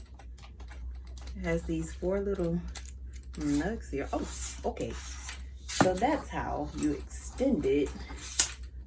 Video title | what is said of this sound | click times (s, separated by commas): Better Lights, Great Camera , Now time for action 😊 | And when it's extended to where you want it, you snap it and it doesn't go down. | 8.4 s